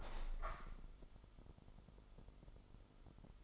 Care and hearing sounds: daily activity, microphone in the room; open window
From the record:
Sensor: 5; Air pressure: 995.9 hPa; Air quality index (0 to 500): 97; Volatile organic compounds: 6 ppm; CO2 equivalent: 1846 ppm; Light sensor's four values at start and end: 40/97/39/41 and 40/97/39/41

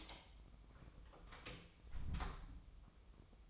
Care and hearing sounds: daily activity, microphone in the room; close door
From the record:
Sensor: 1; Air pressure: 1004.9 hPa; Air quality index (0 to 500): 82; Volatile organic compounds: 2 ppm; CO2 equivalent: 1101 ppm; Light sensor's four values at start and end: 9/23/9/10 and 9/22/9/9

